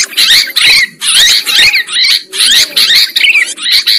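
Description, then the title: Lovebird chattering in harsh, buzzy, high-pitched bursts, each lasting under a second, with short pauses between them. Lovebird sound used as a lure for trapping birds. "PIKAT BURUNG LOVEBIRD"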